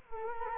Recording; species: mosquito wingbeat signal from an infrared sensor; Culex quinquefasciatus